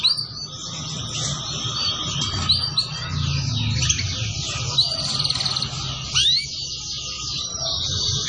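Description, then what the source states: Canary song: continuous rolling trills and swooping slurred notes in a long unbroken flow over steady background noise. Song used to lure birds.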